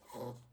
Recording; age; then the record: pig call; piglet (1 to 25 days)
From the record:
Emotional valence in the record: negative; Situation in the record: restrain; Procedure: back test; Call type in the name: low-frequency call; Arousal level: low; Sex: male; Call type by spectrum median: low-frequency call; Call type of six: low-frequency stable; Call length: 0.53 s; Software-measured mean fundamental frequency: 43 Hz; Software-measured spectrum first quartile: 346 Hz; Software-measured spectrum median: 594 Hz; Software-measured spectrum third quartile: 1574 Hz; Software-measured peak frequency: 508 Hz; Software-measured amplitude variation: 137 dB a second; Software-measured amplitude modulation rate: 18.8 a second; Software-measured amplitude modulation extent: 7.3 dB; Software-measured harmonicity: 0.3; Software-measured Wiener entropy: -1.55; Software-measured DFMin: 828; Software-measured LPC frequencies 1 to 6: 495, 935, 2017, 3302, 4060, 5296 Hz